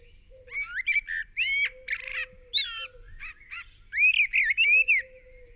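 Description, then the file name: Eurasian blackbird song: varied, fluty warbled phrases separated by short pauses, with squeaky higher notes, over intermittent steady low tones in the background. "Turdus merula"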